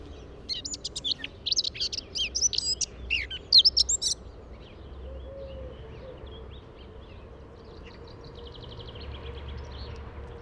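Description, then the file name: Eurasian blackcap song: a lively warble of jumbled notes ending in loud clear notes, followed later by a faint high repeated trill. "Sylvia atricapilla"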